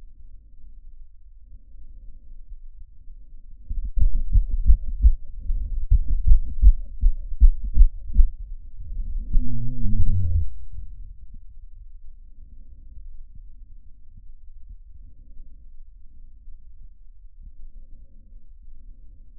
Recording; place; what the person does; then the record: lung sounds by stethoscope; trachea; quiet breathing, then cough and speech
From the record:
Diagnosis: COPD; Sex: male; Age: 70 years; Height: 183 cm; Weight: 116 kg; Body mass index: 34.6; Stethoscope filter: bell mode